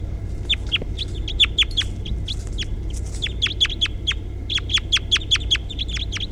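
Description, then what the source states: Crossbill calls: short sharp repeated chips, rapid and irregular, many in quick succession, with low background rumble. Individually numbered bird 353.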